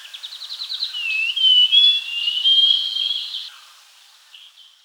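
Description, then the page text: Scaly-crowned babbler giving one phrase of fast staccato notes followed by smooth whistled slurs, lasting about three and a half seconds. "Scaly-Crowned Babbler Song Sound Effect. Quick Sounds"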